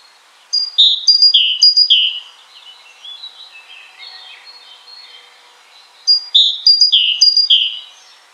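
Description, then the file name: Great tit repeating a clear high-low whistled phrase in quick series, with softer twittering notes in the middle before the phrases resume. "Parus major"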